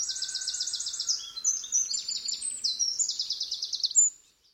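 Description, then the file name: Eurasian wren song: a loud, rapid outpouring of high, trilled and rattling phrases lasting about four seconds, then ending abruptly in silence. "Troglodytes troglodytes"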